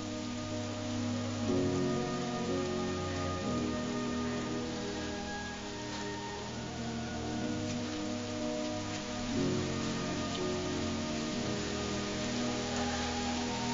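Steady rain patters down without pause, a dense hiss of drops on a surface, with low sustained tones humming underneath throughout.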